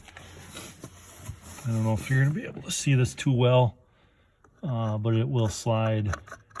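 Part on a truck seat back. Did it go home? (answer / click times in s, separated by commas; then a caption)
no / none. A part on the passenger seat back of a 2017 Ford F-150 is handled while someone talks, with faint low handling noises between the speech. Nothing has seated or clicked yet.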